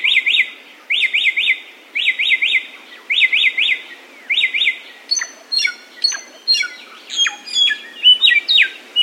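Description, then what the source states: Samyong song: repeated groups of three quick zigzag notes with short gaps, then a lively mix of sharp chirps and slurred whistles. Masteran (bird training) recording of samyong song.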